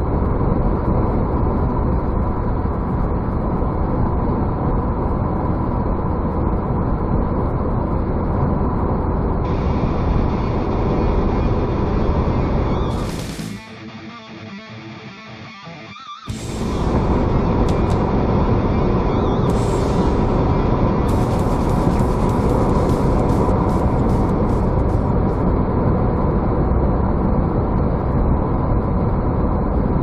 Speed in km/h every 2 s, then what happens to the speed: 111, 111, 110, 106, 107, 107, 109, 111, 113, 116, 119, 120, 120, 114, 110.
0-10 steady at about 107. 10-23 speeds up to 120. 23-30 slows to 110.